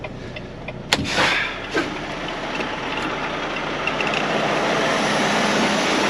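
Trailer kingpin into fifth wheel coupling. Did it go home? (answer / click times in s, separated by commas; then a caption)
yes / 0.9 s. A trailer kingpin is coupled into a tractor or dolly fifth wheel while hooking up double trailers, backing under the trailer until the jaws lock. Over a steady engine rumble, one loud sharp hit at 0.9 s marks the coupling locking on, followed by a broad whoosh and a few faint ticks near 3.9–4.2 s. The kingpin is seated and locked in the fifth wheel.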